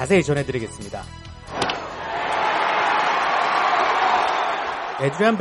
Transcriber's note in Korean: 녹취: 야구장 현장음